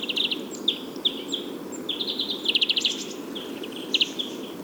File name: Chloris chloris